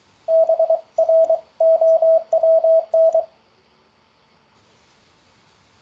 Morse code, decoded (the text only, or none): BROWN